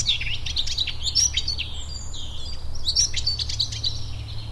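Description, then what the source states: Eurasian blackcap song: two quick bursts of chattering, fluty warbling notes, a low steady hum underneath. Recorded at Rammamere Heath.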